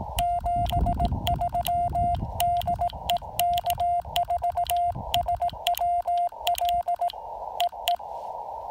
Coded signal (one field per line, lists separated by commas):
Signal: Morse code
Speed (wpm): 18 wpm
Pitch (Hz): 700 Hz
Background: none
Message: 73 DE K4SWL EE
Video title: POTA Field Report: Pairing the FT-817ND with the EFT Trail-Friendly antenna at Lake Norman